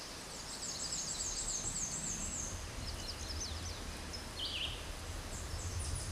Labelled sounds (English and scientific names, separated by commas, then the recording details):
Black-and-white Warbler (Mniotilta varia) song
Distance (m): 30 m
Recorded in a Pennsylvania forest on 19 May 2023 at 13:14
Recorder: AudioMoth, point grid1_19_low
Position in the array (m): 74 m, 212 m